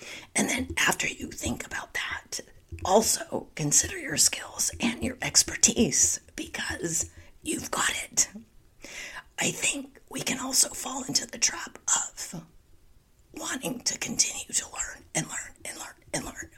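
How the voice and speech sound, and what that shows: An adult woman speaks in a breathy, largely whispered voice with only intermittent voicing, from spasmodic dysphonia. She is working through the condition and trying to get back into the habit of not whispering.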